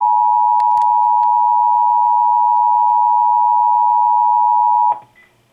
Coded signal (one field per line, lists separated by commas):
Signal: Emergency Alert System (SAME) tones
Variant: 853 and 960 Hz attention tone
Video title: Child Abduction Emergency - 07/20/21 (EAS #2,311)